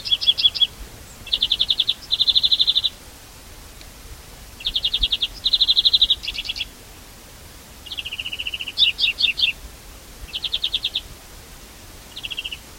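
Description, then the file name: European greenfinch delivering a steady run of rapid trills, buzzy rolled notes and twittering phrases with brief gaps, clear over light background hiss. "Chloris chloris"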